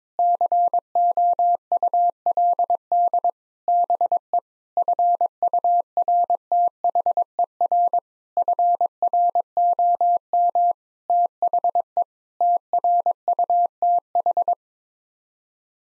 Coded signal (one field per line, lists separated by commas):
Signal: Morse code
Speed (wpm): 22 wpm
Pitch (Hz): 700 Hz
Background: none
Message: COULD BE FURTHER FROM THE TRUTH